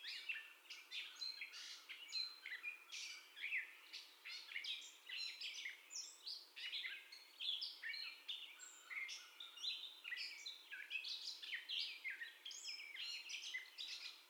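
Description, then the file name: Catbird song of chattering, squeaky and whistled fragments, varied and nonstop. First song, recorded 30 May 2021. "2021-05-30 Catbird First Song"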